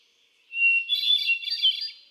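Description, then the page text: Hermit thrush song phrase opening on a steady whistled note, then tumbling into rich, echoing flute-like trills that climb higher. Male singing, cycling through a repertoire of about ten different songs; 13 June 2006, Quabbin Park, Ware, Massachusetts. "Birdsong for the Curious Naturalist. Hermit thrush. A truly gifted and inspiring songster. Can you hear how he cycles through his repertoire of about ten different songs? June 13, 2006. Quabbin Park, Ware, Massachusetts"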